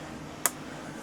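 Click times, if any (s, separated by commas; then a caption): 0.5 s. A 3D-printed plastic clip, lined up in the right place, is pressed onto a 3D-printed filament box. It snaps home with a single sharp, bright click at 0.5 s over a low, steady background. The clip is seated.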